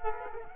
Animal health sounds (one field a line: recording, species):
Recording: mosquito wingbeat signal from an infrared sensor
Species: Culex quinquefasciatus